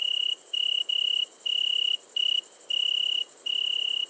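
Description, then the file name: Italian tree cricket song: clear, high musical trilled bursts of uneven length, about seven in four seconds, over a steady hissing buzz of a bush-cricket higher up. Recorded together with great green bush-cricket at Le Puech, Cantal; dated 060921. "grillon-d Italie-et-grande-sauterelle-verte-Le-Puech-Cantal"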